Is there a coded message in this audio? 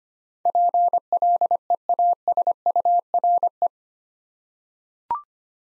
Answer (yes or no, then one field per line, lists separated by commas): yes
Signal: Morse code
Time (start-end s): 0.5-3.7 s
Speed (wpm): 25 wpm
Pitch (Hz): 700 Hz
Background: none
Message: PLEASURE